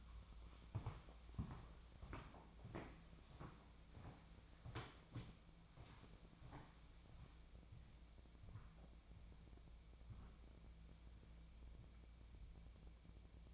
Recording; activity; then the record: daily activity, microphone in the room; walk to room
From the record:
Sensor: 1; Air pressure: 1000.0 hPa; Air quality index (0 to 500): 130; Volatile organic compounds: 2 ppm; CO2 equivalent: 1238 ppm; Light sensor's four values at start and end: 40/100/41/52 and 43/108/46/57